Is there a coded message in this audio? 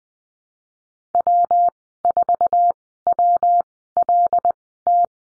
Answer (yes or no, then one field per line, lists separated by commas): yes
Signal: Morse code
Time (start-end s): 1.1-5.1 s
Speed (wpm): 20 wpm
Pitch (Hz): 700 Hz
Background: none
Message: W4WLT